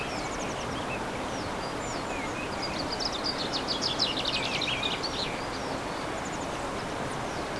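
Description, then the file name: Bird twittering: a louder run of quick high notes in the middle is surrounded by faint chirps, all over continuous hiss. Recorded on 15 March 2014 using an MZ-N710 recorder. "MZ-N 710 Chants d oiseaux 15 03 14"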